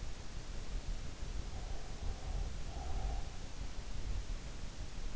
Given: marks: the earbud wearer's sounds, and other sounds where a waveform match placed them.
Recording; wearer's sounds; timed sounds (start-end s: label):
sounds in sleep by an in-ear microphone; breath
1.31-3.70 s: breath